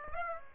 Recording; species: mosquito wingbeat signal from an infrared sensor; Aedes aegypti